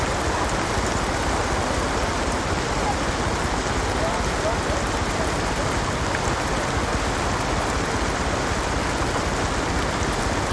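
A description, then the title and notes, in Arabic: Soft rain patters steadily on a houseboat and nearby waterway, a dense, even hiss with faint city sounds blended in throughout. قارب بيتي هادئ ومريح مرسى في قنوات أوترخت الساحرة، حيث يخلق خرير المطر الصيفي الناعم جوًا من الأصوات المريحة بتقنية ASMR. تناغم خفيف المطر مع سطح الماء يتمازج مع الحياة الهادئة للمدينة. رقص المطر الناعم على القارب البيتي والممر المائي القريب مع دقات المدينة البعيدة.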